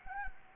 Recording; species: mosquito wingbeat signal from an infrared sensor; Anopheles gambiae